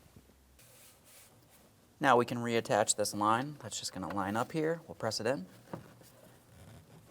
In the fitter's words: Listen for a click from that. Double-check, make sure it's secured.